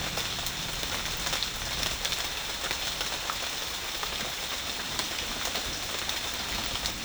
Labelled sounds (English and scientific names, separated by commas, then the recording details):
none
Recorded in dense forest near Puerto Asís, Putumayo, Colombia, on 9 March 2025 at 12:00
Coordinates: 0.484, -76.325
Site G045